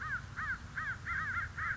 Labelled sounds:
American Crow (Corvus brachyrhynchos)

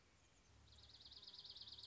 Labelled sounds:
Dark-eyed Junco (Junco hyemalis)

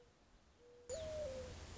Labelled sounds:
Mourning Dove (Zenaida macroura)

